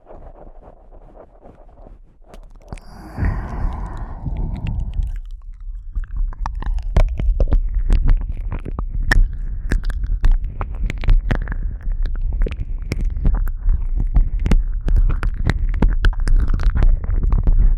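Eating sounds with heavy low rumbling and muffled thumps. The first few seconds are a quiet murmur, then a loud swelling rumble starts near three seconds, followed by a dense run of sharp clicks and crunchy ticks that continues to the end over a constant low throb.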